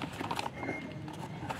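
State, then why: Not seated. A plastic wheel is handled against the axle of a toy vehicle, to be pressed on until it locks, with short knocks at about 0.3, 0.4, 0.5 and 1.5 seconds. The wheel has not seated or clicked into place yet.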